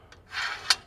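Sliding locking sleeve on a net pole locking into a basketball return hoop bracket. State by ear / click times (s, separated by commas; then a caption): seated / 0.7 s. A metal locking sleeve on a net pole of a ProShot Return basketball return hoop is slid back down so it locks the pole into the return hoop bracket. A faint tick is followed by a scraping, rubbing slide, then a sharp, loud metallic hit at 0.7 s as the lock drops into place and seats.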